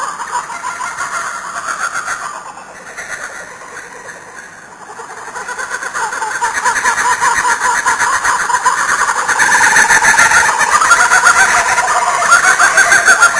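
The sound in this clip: Kookaburra laughing chorus, chuckling pulsed notes that dip, then build into a loud cackle near the end.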